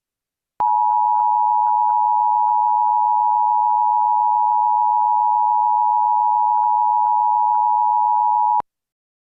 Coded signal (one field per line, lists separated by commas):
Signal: Emergency Alert System (SAME) tones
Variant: 853 and 960 Hz attention tone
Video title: EAS Scenario // Helheim (Hellish North America: Reimagined) //